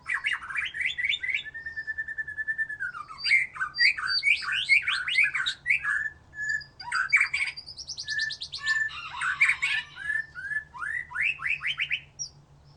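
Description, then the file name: White-rumped shama song: a rich, fast medley of trills, slurred whistles and harsh buzzy bursts, with one long steady whistled note held for over a second. "murai batu"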